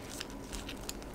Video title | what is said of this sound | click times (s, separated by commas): How to open and mute (disable speaker) an AirTag 🔇 Apple AirTag SILENT MOD. | my favorite way of disassembling it is with knife just stick it in and lift until you hear a click | 0.2 s, 0.9 s